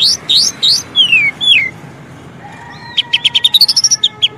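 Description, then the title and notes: Oriental magpie-robin: three rising whistles and two falling slurs, a brief pause, then a quick run of repeated sharp notes. Long-duration fill-in (isian) song material for training kacer to sing actively (gacor) day and night. "Kacer Jadi Gacor Siang Malam. Isian Kacer Durasi Panjang"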